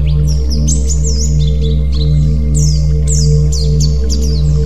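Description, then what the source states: White-eye song: a high, sweet warble of falling slurred whistles and short chirps, over a persistent low droning hum. White-eye 'terapi' (therapy) song.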